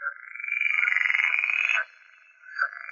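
Pool frog croaking: a rapid pulsed rasping call lasting nearly two seconds, followed after a pause by a short nasal note.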